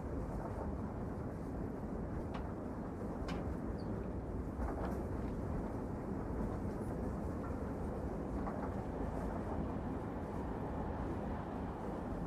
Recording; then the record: background sound without coughing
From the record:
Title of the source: Train Ride Ambience ambient white noise for sleeping, focus, studying, reading